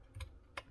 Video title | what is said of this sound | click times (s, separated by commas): MILWAUKEE M18 FUEL™ Angle Grinder Teardwon | clicks into place and then you can have that extra filtration there and then when this gets | 0.6 s